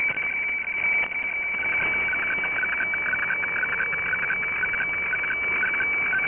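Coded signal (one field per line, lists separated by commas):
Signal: weather fax (radiofax)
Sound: steady high whistle broken by rapid lower chirping tones over hissy static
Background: radio static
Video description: Decoded weather radiofax broadcasted from Kyodo News Agency in Japan.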